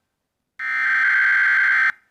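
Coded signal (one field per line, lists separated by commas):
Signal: Emergency Alert System (SAME) tones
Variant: header bursts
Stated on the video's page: Fictional mini EAS scenario.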